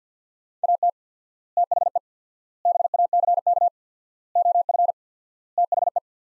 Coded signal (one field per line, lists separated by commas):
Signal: Morse code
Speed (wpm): 50 wpm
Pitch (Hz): 700 Hz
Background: none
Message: AT THE BACK OF THE